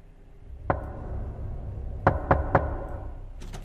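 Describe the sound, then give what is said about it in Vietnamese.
Knocking on a wooden door at night: one sharp knock, a pause, then three quick raps in a row and a fainter pair at the end, over a low steady rumble of wind. “Lúc này, ở bên ngoài cửa, lẫn trong tiếng gió thổi cứ vù vù vi vút trong đêm, thì vang lên có tiếng gõ cửa.”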